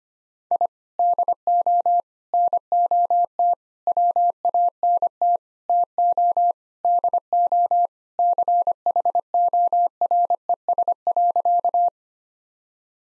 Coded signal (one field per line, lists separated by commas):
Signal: Morse code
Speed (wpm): 25 wpm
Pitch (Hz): 700 Hz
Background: none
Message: I DO NOT WANT TO DO CHORES.